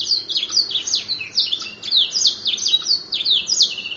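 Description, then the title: Atlantic canary singing a continuous, lively string of high chirps, each note slurring downward, with fast trilled bits woven between them. "kenari"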